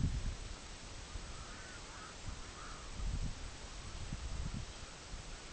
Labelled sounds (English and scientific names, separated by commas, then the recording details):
Red-throated Loon (Gavia stellata), unidentified sound
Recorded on Arctic tundra, site EABA-MC, on 24 June 2019
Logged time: 12:00